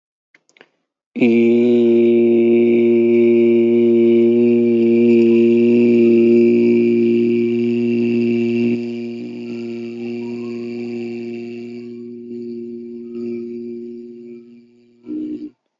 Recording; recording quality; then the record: sustained vowel as in beet; excellent, no background noise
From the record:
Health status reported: healthy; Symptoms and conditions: none ticked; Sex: male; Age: 28 years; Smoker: not ticked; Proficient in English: yes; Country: India